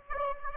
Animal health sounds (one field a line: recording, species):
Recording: mosquito wingbeat signal from an infrared sensor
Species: Aedes aegypti